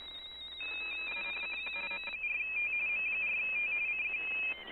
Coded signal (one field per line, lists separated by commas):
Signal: RTTY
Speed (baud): 45.45 baud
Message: CQ M4T M4T CQ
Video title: RSGB AFS Datamode Contest 2023